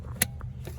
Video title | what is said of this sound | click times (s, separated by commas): How to Install an Infant Car Seat - Chicco Keyfit 30 | you go heard snap right and then you just do the same thing with the other side | 0.2 s